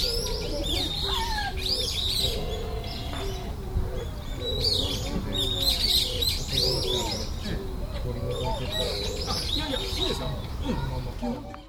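Birds chirping and twittering, quick overlapping notes and brief whistles over a constant low background hum.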